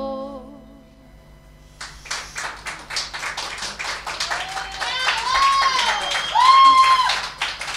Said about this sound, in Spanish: Suenan los aplausos que no están grabados, son en vivo aquí en La Colectiva.